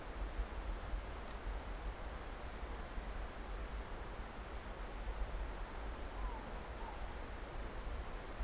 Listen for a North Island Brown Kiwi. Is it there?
no